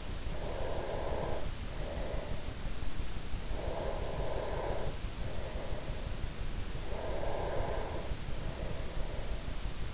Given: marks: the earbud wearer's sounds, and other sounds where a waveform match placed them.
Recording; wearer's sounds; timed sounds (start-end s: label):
sounds in sleep by an in-ear microphone; breath
0.00-2.86 s: breath
3.14-6.34 s: breath
6.57-9.37 s: breath